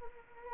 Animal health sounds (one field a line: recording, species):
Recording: mosquito wingbeat signal from an infrared sensor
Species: Anopheles arabiensis